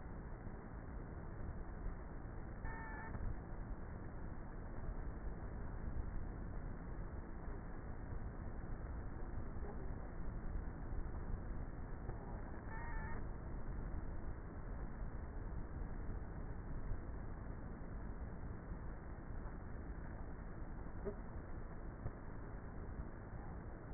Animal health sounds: honeybee colony, microphone inside the hive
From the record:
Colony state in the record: queenless with a low population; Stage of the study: before two queens were removed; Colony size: about 30,000 bees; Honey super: no

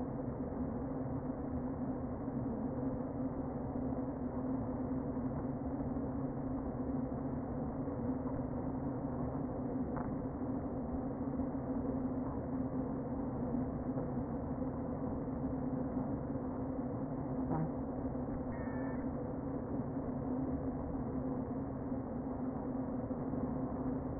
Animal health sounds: honeybee colony, microphone inside the hive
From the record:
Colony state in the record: queen present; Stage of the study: before two queens were removed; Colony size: about 60,000 bees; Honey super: yes

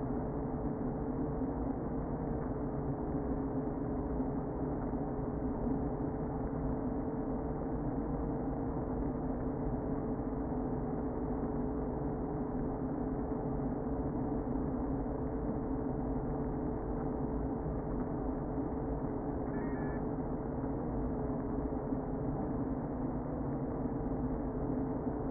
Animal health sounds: honeybee colony, microphone inside the hive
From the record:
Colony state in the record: queen present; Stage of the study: before two queens were removed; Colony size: about 60,000 bees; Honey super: yes

